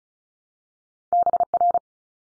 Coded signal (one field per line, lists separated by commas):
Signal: Morse code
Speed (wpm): 36 wpm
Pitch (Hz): 700 Hz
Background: none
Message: BR